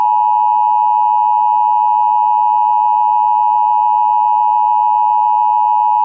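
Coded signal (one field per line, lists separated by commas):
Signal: Emergency Alert System (SAME) tones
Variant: 853 and 960 Hz attention tone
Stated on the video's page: Multiple EAS alerts from Illinois.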